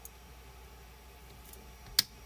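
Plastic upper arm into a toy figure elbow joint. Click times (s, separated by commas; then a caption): 2.0 s. The plastic upper arm piece of a toy figure is pressed into its elbow joint. After a couple of faint ticks, a single sharp, bright snap sounds at 2.0 s. The arm seats in the elbow.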